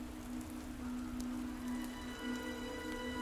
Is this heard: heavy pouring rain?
yes